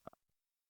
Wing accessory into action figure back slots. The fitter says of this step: 通过两个卡槽给它卡进去就行了